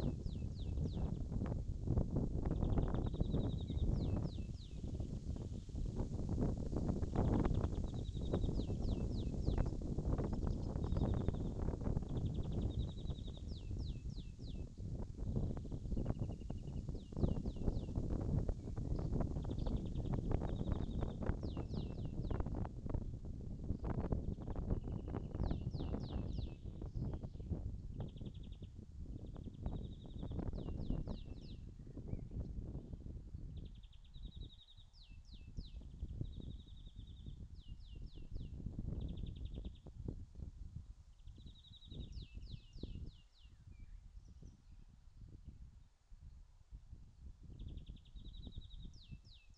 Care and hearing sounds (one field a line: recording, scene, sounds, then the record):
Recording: everyday scene through a hearing-aid microphone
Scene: wind on the microphone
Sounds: wind, birds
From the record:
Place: in front of a rural house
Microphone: in the ear canal, left